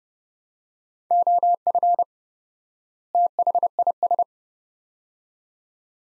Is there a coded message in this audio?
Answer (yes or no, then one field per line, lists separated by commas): yes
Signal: Morse code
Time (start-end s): 1.1-4.2 s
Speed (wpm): 31 wpm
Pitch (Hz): 700 Hz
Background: none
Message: OF THIS